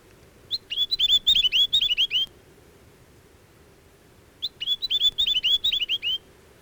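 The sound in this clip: Chatham Island tomtit song: two bursts of quick, high, down-slurred whistled notes, each lasting under two seconds and separated by a gap of about two seconds, over a low steady hum.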